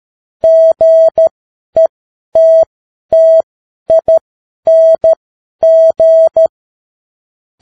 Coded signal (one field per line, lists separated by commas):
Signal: Morse code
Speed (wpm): 13 wpm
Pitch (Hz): 650 Hz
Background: none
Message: GETTING